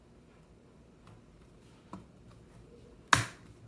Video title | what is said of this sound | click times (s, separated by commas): Replacing the Battery in my Dell Precision 5510 Laptop | The bottom kind of snaps into place. | 3.1 s